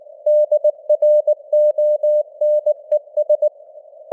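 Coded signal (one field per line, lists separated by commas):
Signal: Morse code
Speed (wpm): 19 wpm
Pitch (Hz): 600 Hz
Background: none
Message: DRONES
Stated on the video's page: Simulated Morse news headlines at 19 wpm with simulated radio noise and varying signal strength (QSB).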